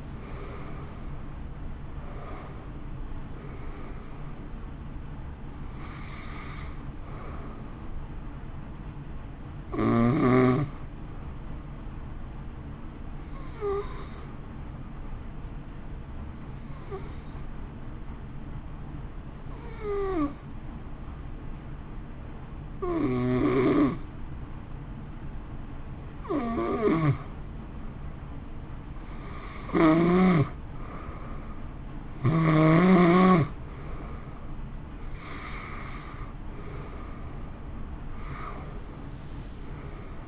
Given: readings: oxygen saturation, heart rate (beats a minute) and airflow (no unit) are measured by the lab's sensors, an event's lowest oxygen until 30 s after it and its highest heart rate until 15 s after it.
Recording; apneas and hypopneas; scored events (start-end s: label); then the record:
breathing in sleep by a smartphone at the bedside; 1
5.00-32.10 s: hypopnea (N1, oxygen 94% highest, then 87% lowest, heart rate 63 at the start, 63 highest)
25.00-40.28 s: new sleep stage, N2 (light sleep)
From the record:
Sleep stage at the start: N1 (lightest sleep); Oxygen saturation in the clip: 87 to 94%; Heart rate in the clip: 53 to 63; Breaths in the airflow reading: 13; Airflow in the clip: -1.8 to 3.1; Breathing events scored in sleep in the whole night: 328 in 6.3 hours asleep